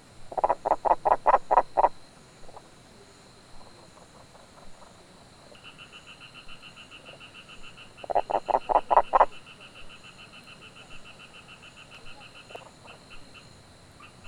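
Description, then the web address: Frog calls: bursts of rapid pulsed croaks, about eight pulses each, at the start and again near eight seconds, with a higher, steady pulsing call through the middle. "Frogs World"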